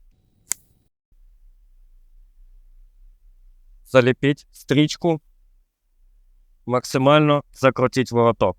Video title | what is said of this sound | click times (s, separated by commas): Турнікет SAM на етапі під вогнем | стропу до характерного клацання | 0.5 s